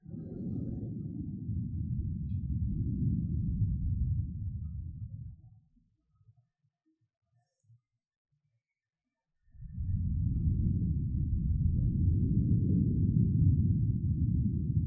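Blowing and rubbing on a microphone make a dense low rumble that stops near six seconds, leaving near silence with a faint tick, then resumes.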